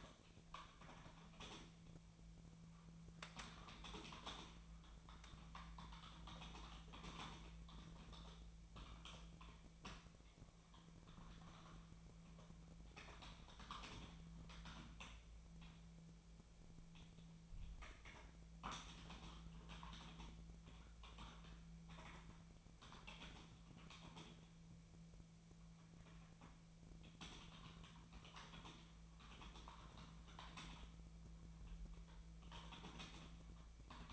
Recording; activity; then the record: daily activity, microphone in the room; typing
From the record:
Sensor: 1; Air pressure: 1000.2 hPa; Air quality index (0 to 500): 141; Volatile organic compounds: 3 ppm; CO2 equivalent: 1329 ppm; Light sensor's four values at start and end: 30/74/31/38 and 31/78/33/40